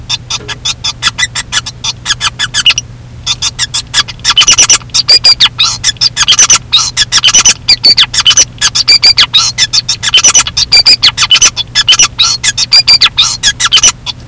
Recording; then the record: song of a male Bengalese finch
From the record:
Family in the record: son of father 2, and himself father 5